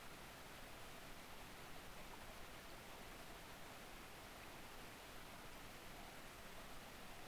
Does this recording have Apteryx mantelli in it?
no